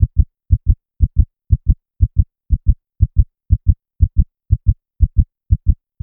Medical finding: Heartbeat 120bpm.